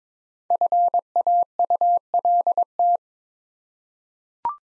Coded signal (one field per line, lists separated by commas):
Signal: Morse code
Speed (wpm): 22 wpm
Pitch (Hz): 700 Hz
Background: none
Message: FAULT